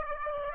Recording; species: mosquito wingbeat signal from an infrared sensor; Aedes aegypti